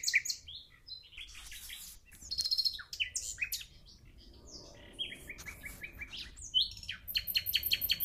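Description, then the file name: Common nightingale song: varied whistles, buzzy rattles and rapid repeated notes, a quieter pause midway, then a final fast trill. "Luscinia megarhynchos"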